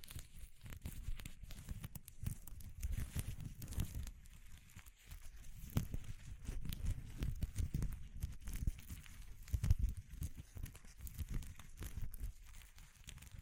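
Texture sounds: a steady run of dense crinkling and tearing with many small crackles and sharp ticks throughout. Most of the weight sits in a low rustling rumble, with bright snaps flicking across the top and a brief lull near five seconds.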